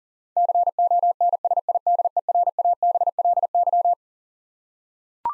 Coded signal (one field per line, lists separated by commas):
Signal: Morse code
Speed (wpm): 37 wpm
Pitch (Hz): 700 Hz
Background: none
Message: CONSIDERABLY